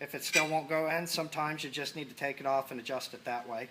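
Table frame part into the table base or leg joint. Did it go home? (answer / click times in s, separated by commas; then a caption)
no / none. During knock-down table assembly, a table frame part is handled at the table base or leg joint, taken off and adjusted so it will go into its mating hole. Someone talks throughout, with only faint handling noise. Nothing has seated or clicked yet.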